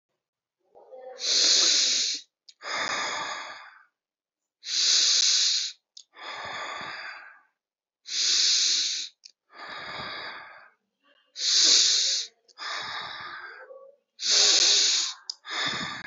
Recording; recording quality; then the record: shallow breathing; excellent, no background noise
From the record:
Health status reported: exposed to COVID-19, no respiratory illness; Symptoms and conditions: sore throat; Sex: male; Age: 42 years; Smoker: not ticked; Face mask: not worn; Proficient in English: yes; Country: India